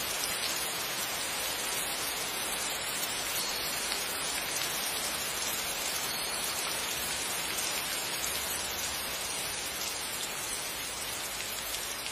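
Rain falls in a steady, dense hiss that stays even for the whole twelve seconds. The sound sits mostly in the middle and upper range, with countless tiny drops blending together and little low rumble beneath. No separate events stand out.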